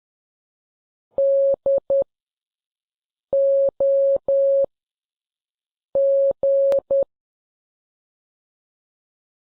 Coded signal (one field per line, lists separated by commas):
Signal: Morse code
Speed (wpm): 10 wpm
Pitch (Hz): 550 Hz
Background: none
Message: D O G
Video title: Morse Code and The Titanic